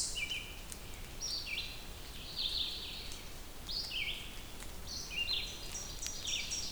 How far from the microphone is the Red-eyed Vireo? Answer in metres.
about 35 m